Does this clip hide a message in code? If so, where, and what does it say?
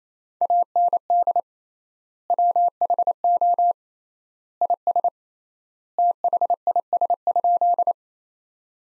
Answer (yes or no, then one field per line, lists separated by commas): yes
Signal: Morse code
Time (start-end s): 0.4-7.9 s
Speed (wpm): 27 wpm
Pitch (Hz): 700 Hz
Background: none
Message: AND WHO IS THIS?